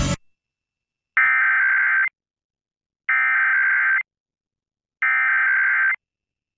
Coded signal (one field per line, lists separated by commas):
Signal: Emergency Alert System (SAME) tones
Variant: header bursts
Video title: FAILED EAS Monthly Test for Delaware on WJBR Wilmington, DE (Mix 99.5) (1/18/22)